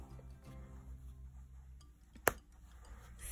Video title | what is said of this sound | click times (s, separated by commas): How To Make A Snap On Faux Fur Pom-Faux Fur Pom Pom Tutorial | palm snap into place it's nice and secure and ready to wear | 2.3 s